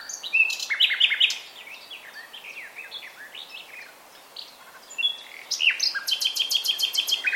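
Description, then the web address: Common nightingale delivering varied chirps and slurred notes, followed by a brisk series of evenly repeated high notes that keeps going to the end. "SETE data Luscinia megarhynchos"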